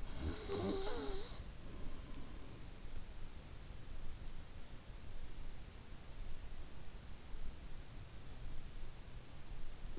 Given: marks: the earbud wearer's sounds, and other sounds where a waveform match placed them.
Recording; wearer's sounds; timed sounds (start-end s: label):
sounds in sleep by an in-ear microphone; snoring breath
0.00-1.86 s: snoring breath